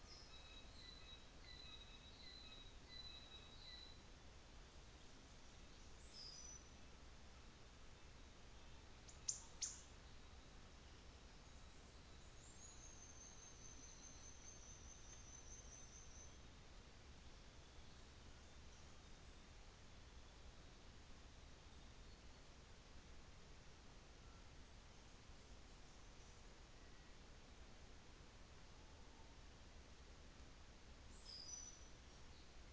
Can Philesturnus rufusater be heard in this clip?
no